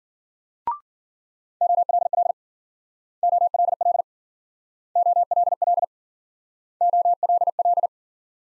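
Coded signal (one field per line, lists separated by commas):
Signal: Morse code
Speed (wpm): 53 wpm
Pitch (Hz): 700 Hz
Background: none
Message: OLL OLL OLL OLL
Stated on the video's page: Morse practice of multi-letter phonemes in Speed-Racing format, from 40 wpm slowing to a base speed; final repeat sent at maximum speed.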